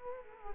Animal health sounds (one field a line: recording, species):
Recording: mosquito wingbeat signal from an infrared sensor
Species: Culex quinquefasciatus